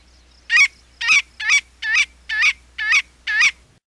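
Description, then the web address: Marbled godwit giving a steady series of seven loud, nasal notes, roughly one every half second. "101 Bird Songs. Marbled Godwit"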